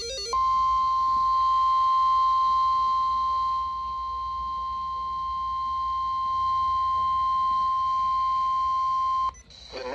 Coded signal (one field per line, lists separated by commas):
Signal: Emergency Alert System (SAME) tones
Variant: 1050 Hz attention tone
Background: speech